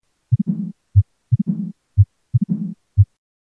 Mitral Stenosis (Diastolic Murmur).